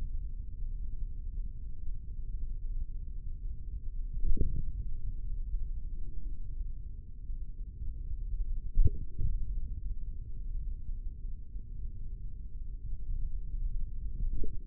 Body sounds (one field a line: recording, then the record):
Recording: forearm muscle sounds (acoustic myography)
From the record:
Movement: index flexion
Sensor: system 3, bracelet of six PUI Audio POM-2738L microphones around the upper forearm, with dedicated amplification and filtering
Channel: 5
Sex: male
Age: 55 years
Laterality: right